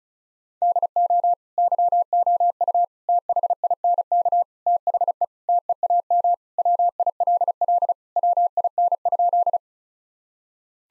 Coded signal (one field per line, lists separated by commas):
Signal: Morse code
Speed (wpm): 36 wpm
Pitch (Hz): 700 Hz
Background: none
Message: DO YOU THINK THE TEAM WILL WIN?